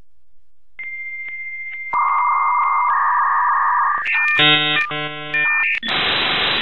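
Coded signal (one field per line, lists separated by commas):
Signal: dial-up modem handshake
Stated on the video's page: Analog 56K modem connecting over a switched telephone line to a BBS.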